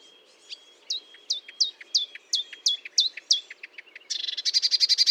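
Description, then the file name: Marsh warbler song: a steady thin whistle under a run of down-slurred chips about three per second, then a fast bright buzzy series. Recorded at Fontaine-Française (Fourneau), France, on 1 June 2022 at 10:55, using a Nagra recorder with Telinga. "Rousserolle verderolle 1055 Fontaine-Francaise-Fourneau"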